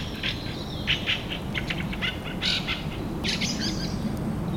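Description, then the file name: Fieldfare song, a series of harsh chattering and squeaky notes in short bursts, with steady background noise. Recorded 25 April at 4:30 in the morning. "Drozd-ryabinnik - 25 aprelya 4 30 utra"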